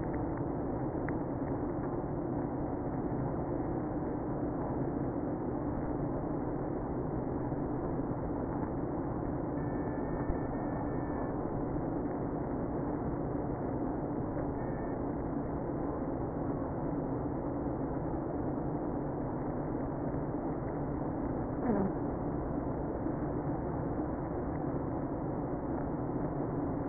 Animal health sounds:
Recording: honeybee colony, microphone inside the hive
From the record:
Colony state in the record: queenless (queen removed)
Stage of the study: after two queens were removed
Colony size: about 60,000 bees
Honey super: yes

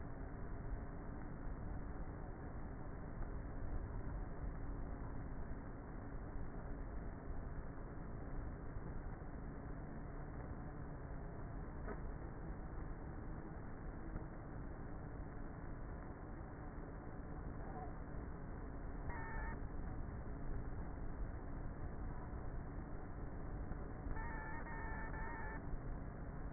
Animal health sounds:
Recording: honeybee colony, microphone inside the hive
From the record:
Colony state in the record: queenless with a low population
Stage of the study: before two queens were removed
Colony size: about 30,000 bees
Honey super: no

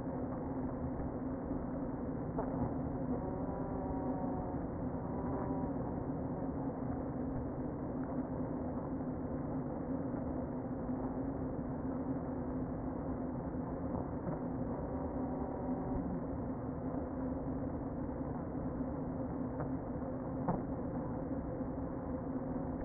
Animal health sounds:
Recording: honeybee colony, microphone inside the hive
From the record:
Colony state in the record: queen present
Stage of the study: before two queens were removed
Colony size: about 60,000 bees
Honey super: yes

